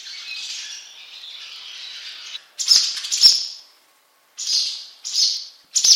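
Barn swallow twittering: a soft, continuous scratchy chatter for about two and a half seconds, then loud, separate buzzy chirps and squeaks in short bursts with brief gaps.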